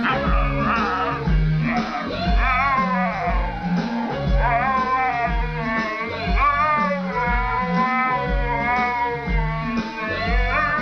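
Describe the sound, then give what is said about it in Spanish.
A dog howls in long, wavering, sliding tones as if singing, over loud backing music with a steady, thumping low beat throughout. “Y algunos, los más virtuosos, saben hasta cantar.”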